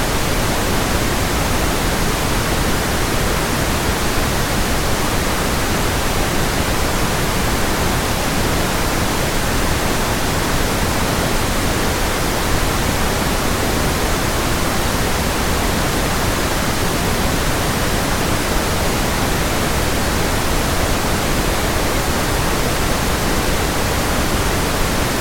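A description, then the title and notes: Pink noise runs unbroken for the whole clip, a dense, even hiss with no events or changes. It sounds fuller and softer than a bright hiss, with the low end more prominent and the highs gentler. Loudness stays perfectly level throughout. Pink noise is a type of sound where loudness decreases as the pitch goes up so that the lower frequencies are enhanced and higher frequencies are much quieter.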